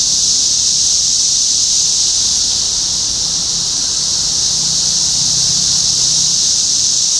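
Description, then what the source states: Cicadas droning together in a constant high hissing buzz, steady in loudness throughout, over a faint low rumble. Several cicadas recorded in Topeka, Kansas, on 14 June 2015.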